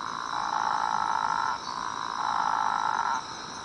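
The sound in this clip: Physalaemus atlanticus frog producing two long droning notes separated by a short pause, over a continuous high-pitched hum.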